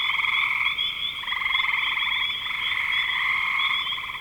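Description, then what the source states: Frog chorus of buzzy, pulsing trills layered over one another, steady throughout with a slight lull just after one second. Spring 2025.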